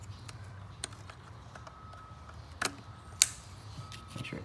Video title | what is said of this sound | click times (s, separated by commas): Fixing a Misfire - Spark Plug and Ignition Coil Swap 2009 Grand Cherokee 3.7 | it clicks reconnect the spark plug wire to the passenger side spark plug in the front just | 3.2 s